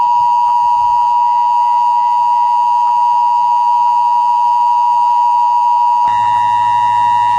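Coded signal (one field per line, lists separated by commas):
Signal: Emergency Alert System (SAME) tones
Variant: 853 and 960 Hz attention tone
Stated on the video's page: Live public demonstration of the Digital Emergency Alert System, carrying Common Alerting Protocol EAS messages over satellite, digital television data broadcast and secure internet.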